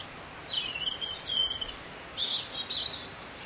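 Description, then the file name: Bird song in two short bursts of high, warbling chirps, separated by a brief pause, over a steady background hiss. "Vogel"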